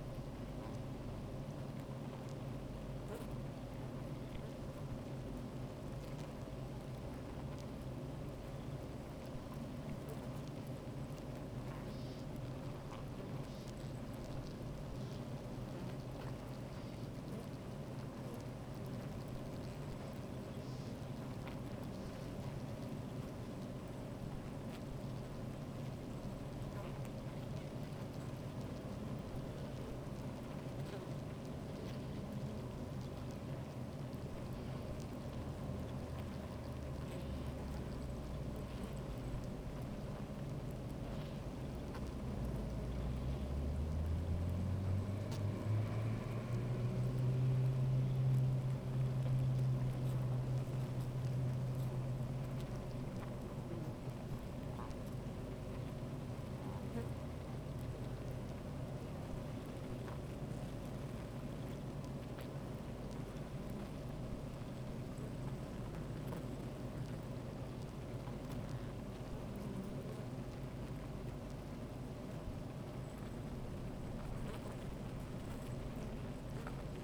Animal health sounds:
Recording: honeybee colony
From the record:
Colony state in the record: active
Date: 28 July 2017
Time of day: 13:24

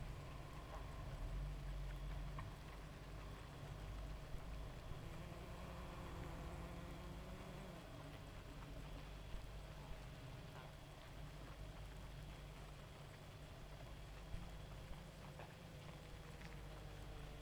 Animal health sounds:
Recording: honeybee colony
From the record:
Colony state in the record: active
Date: 28 July 2017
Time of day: 1:10

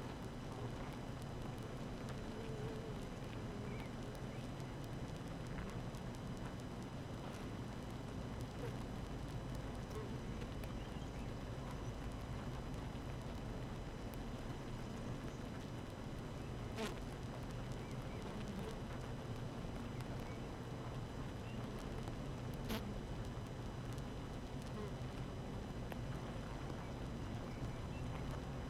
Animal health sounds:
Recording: honeybee colony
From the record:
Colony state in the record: active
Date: 12 June 2018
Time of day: 7:19

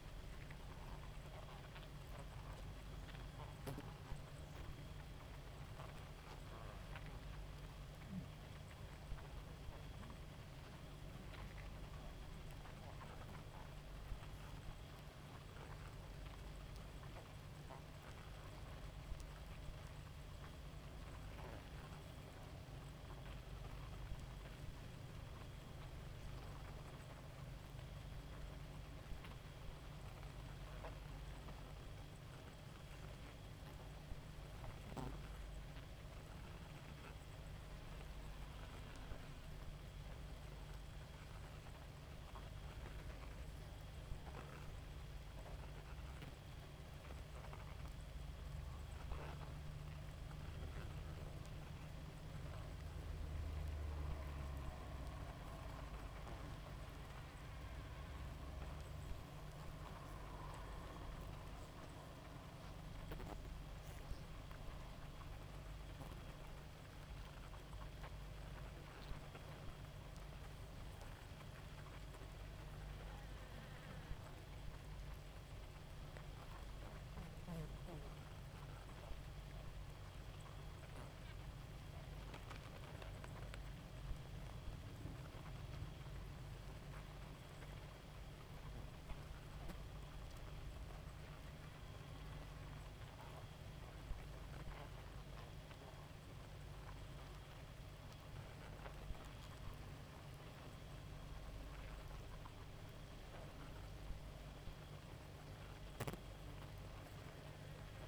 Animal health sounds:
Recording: honeybee colony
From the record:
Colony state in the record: active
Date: 28 July 2017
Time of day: 0:07

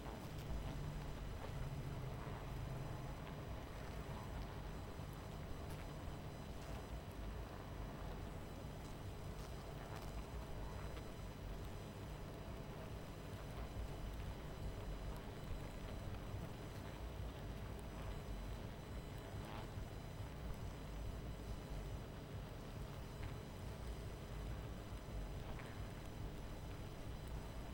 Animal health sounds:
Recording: honeybee colony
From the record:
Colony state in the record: missing queen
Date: 14 July 2017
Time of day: 23:42

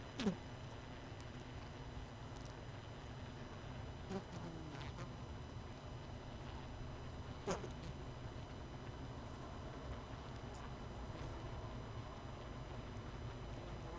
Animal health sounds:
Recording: honeybee colony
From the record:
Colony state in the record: missing queen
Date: 31 May 2018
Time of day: 19:40

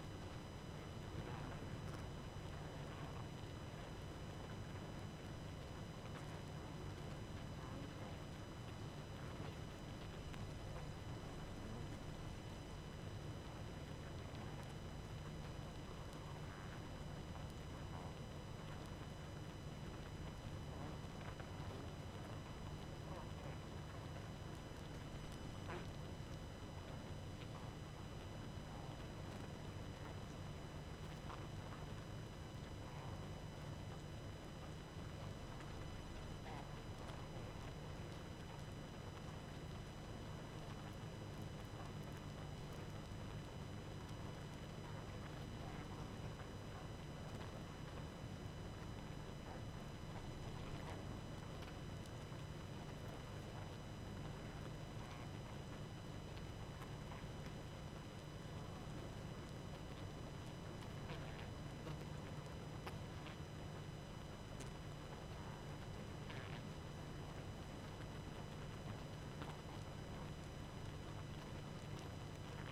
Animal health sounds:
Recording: honeybee colony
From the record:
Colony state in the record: active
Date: 12 June 2018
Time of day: 23:54

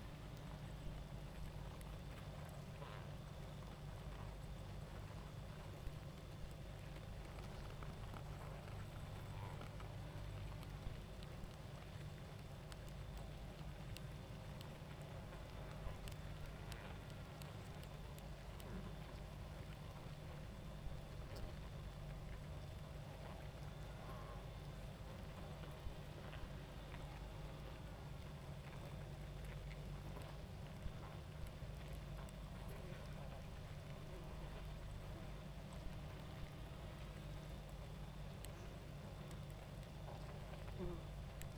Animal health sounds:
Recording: honeybee colony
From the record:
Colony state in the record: active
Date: 28 July 2017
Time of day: 21:40

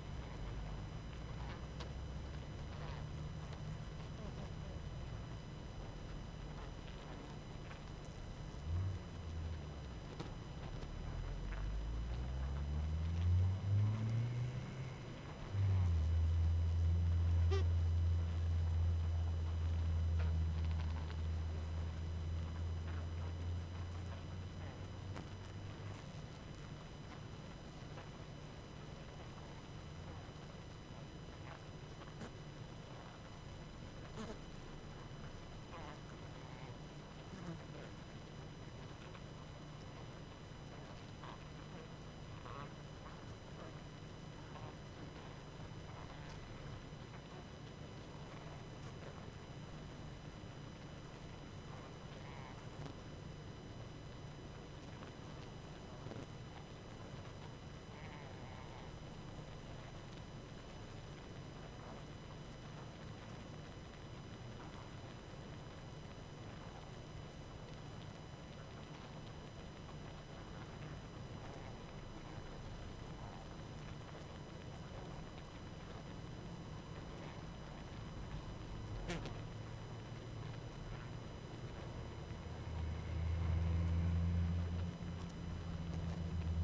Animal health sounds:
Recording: honeybee colony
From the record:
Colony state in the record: active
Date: 12 June 2018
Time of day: 20:41

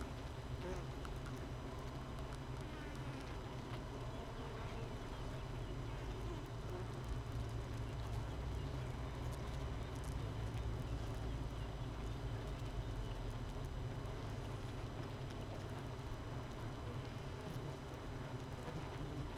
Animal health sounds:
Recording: honeybee colony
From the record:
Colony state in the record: missing queen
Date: 31 May 2018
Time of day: 7:17

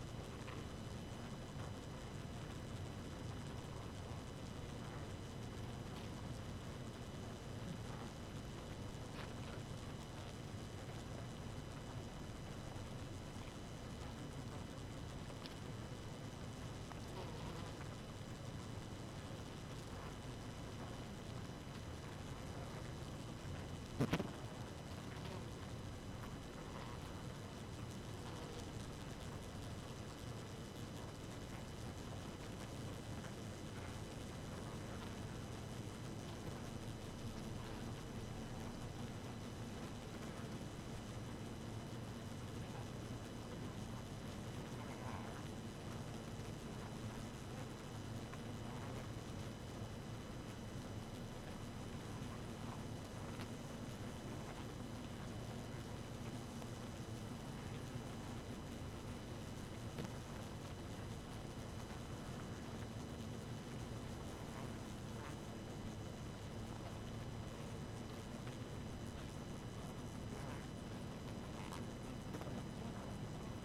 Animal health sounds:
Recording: honeybee colony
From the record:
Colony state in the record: active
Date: 12 June 2018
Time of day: 1:50

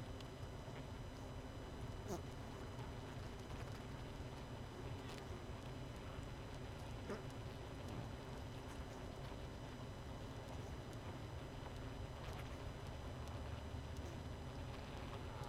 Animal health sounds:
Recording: honeybee colony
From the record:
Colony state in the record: missing queen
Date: 31 May 2018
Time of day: 20:01

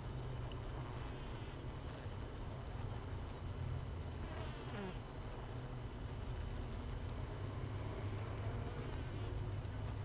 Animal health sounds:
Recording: honeybee colony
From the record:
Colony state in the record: missing queen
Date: 31 May 2018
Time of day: 6:17

